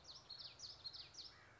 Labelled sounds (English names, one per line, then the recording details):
Common Yellowthroat
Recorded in Sonoma County, California